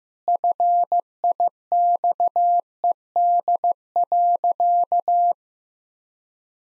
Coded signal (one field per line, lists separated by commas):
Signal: Morse code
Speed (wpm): 14 wpm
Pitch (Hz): 700 Hz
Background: none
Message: FIXED.